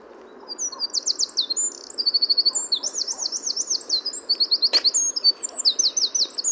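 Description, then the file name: Eurasian wren song: a long, unbroken outpouring of very high, fast trills and sharp warbled notes. A single sharp click sounds midway, over a faint hiss. "Troglodytes troglodytes"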